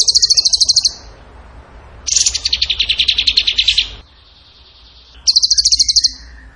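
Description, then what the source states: Bird song alternating a rapid high trill with a lower, buzzy, slightly falling trill, then a faint steady tone before another high trill. Masteran (training recording) of bird song in the tembakan gacor style.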